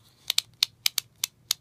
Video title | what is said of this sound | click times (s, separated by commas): 024 Adjustable Belt Video | be inserted into the buckle each time you hear a click | 0.3 s, 0.4 s, 0.6 s, 0.9 s, 1.0 s, 1.5 s